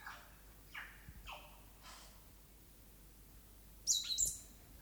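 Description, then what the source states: Stitchbird calls: a few short descending swept notes, then two sharp, very high notes near the end. New Zealand native bird.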